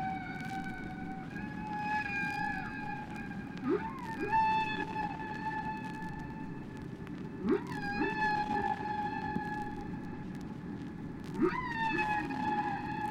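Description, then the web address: Whale calls of long sustained harmonic tones with occasional short rising sweeps and inflected notes, set against steady background noise. "KU whales"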